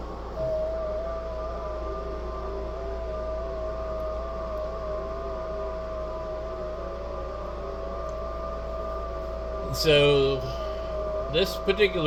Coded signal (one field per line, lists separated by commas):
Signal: FT8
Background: speech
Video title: Setting up Jtdx ft8 software on yaesu ftdx3000 ham radio